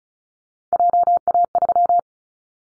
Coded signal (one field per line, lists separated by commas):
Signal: Morse code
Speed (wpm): 34 wpm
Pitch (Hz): 700 Hz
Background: none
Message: JA3